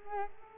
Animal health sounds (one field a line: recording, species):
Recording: mosquito wingbeat signal from an infrared sensor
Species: Culex pipiens